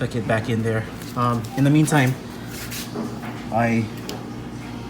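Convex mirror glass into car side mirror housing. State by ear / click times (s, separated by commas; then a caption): partly seated / 4.1 s. Convex wide-angle mirror glass from a SUMA Performance kit for a 2015+ WRX/STI is pressed only part way into the car's side mirror housing, so it stays put while the heater wires are worked on. Someone talks, and a short tick is heard at 4.1 s. The glass is not all the way in but holds in place.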